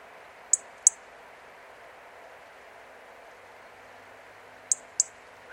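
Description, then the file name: European robin giving sharp, high ticks in two quick pairs, one pair near the start and another near the end, over a steady soft hiss. "Erithacus rubecula"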